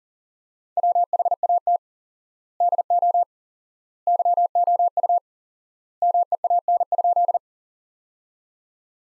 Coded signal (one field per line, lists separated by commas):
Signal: Morse code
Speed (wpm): 37 wpm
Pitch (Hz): 700 Hz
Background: none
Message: WHAT DO YOU MEAN?